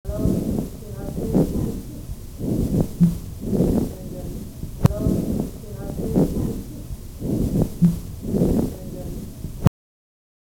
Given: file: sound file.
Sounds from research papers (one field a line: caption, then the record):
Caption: sitting patient, base of the lung: late inspiratory crackles (fine crackles).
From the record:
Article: Keeping PPE barriers in COVID-19 wards while doing proper auscultation